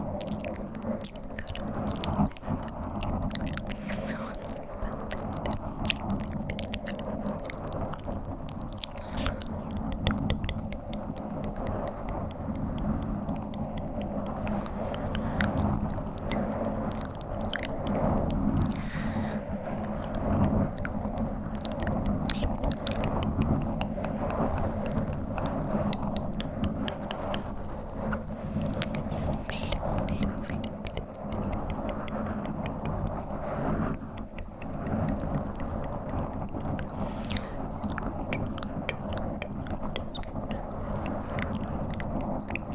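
Mic scratching runs without pause for the whole clip, a dense rough rustle with rapid crackling ticks scattered throughout. The sound stays mostly low and muffled, with occasional sharper bright clicks, and the loudness holds steady from start to finish.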